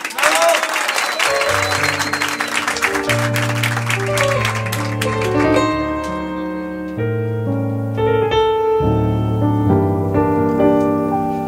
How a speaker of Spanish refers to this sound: ¡Fuerte el aplauso para la Nobel!